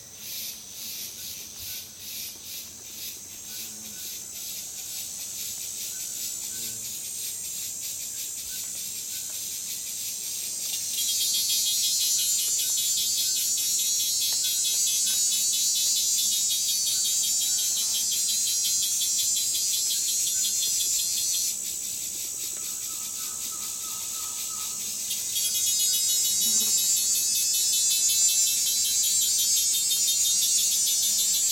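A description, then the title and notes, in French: Jungle ambience dominated by a dense, shrill chorus of insects, likely crickets, buzzing high and steady. The chorus swells louder around 11 seconds, dips briefly near 21 seconds, then surges again from 25 seconds. Faint low tones and scattered soft calls sit underneath. FELIX BLUME + DESPINA PANAGIOTOPOULOU + LABEROUK - Jungle. Collection de field recordings autour du thème de la jungle.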